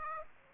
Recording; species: mosquito wingbeat signal from an infrared sensor; Aedes aegypti